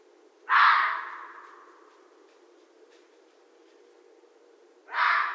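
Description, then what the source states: Red fox giving a rough, grating bark, then a second similar bark a few seconds later. Recorded 13 January 2012.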